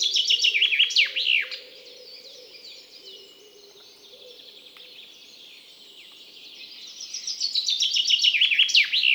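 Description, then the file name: Common chaffinch: the end of one descending trilled phrase with its flourish, a few quiet seconds of background twitter, then a second phrase starting up. "Fringilla coelebs"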